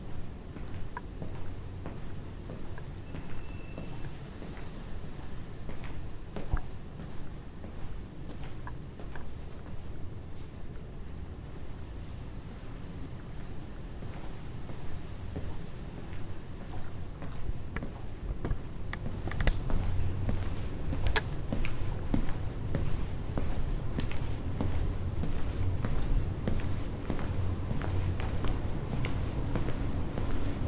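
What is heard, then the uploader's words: A walk through McGill's downtown campus: a steady low rumble with scattered sharp clicks and knocks, growing fuller and busier after about nineteen seconds. A walk through the familiar downtown campus of McGill University. The quiet and relaxing atmosphere of a sunny summer afternoon.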